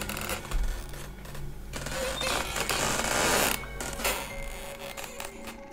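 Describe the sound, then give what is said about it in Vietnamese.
A long-unoiled door, its bolt just pulled back, creaks slowly open in one long, drawn-out groan, its grinding, scraping texture rising and falling unevenly for several seconds with no voices. “Tiếng cánh cửa vang lên kèn kẹt như lâu lắm rồi không tra mỡ.”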